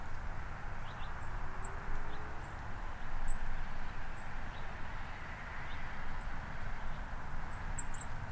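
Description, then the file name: Golden-crowned kinglet calls: tiny high-pitched tsee notes repeated irregularly throughout, faint against continuous low-frequency noise. "Golden crowned Kinglet Regulus satrapa"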